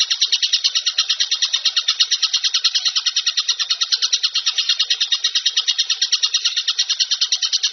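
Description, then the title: Bird chatter: a steady, rapid stream of harsh, buzzy pulses, unbroken throughout and even in rhythm and loudness. Masteran compilation of bird song, described as the most complete. "Masteran burung terlengkap"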